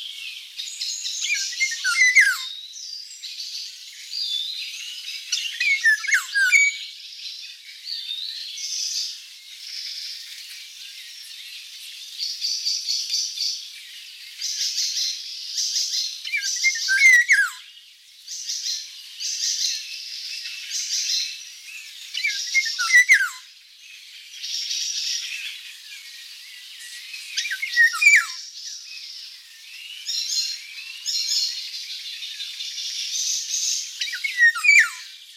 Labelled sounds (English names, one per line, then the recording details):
Eurasian Golden Oriole song
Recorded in the wild
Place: Waltershofen / Freiburg im Breisgau, Baden-Württemberg, DE
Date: 1989-05-30
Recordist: Schwarz, Dieter
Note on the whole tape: Song